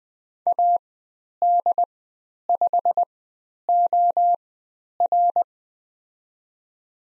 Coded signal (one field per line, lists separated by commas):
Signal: Morse code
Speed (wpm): 20 wpm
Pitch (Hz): 700 Hz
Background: none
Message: AD5OR